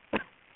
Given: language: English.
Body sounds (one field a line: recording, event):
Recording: throat vibration sensor signal played as sound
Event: cough